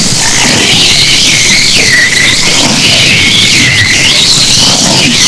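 Long-finned pilot whale whistles, wavering tonal sweeps rising and falling over constant loud background noise.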